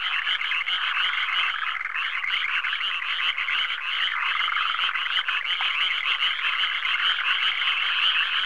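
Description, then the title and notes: Dense frog chorus, many rattling croaks overlapping into an unbroken mid-pitched churr. "NHK Sound Effects Collection - 3-Frogs, Crickets, Cicadas, Horses, Dogs. NHK効果音集 - 3-カエル・虫・セミ・ウマ・イヌ"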